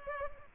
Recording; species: mosquito wingbeat signal from an infrared sensor; Culex pipiens